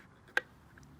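On a folded Xiaomi M365 Mi electric scooter, the hook by the bell on the folded-down stem clips onto a catch on the rear fender to hold the scooter folded. A single sharp, bright click at 0.4 s is followed by a couple of much fainter ticks near 0.8 s. The hook seats in the catch.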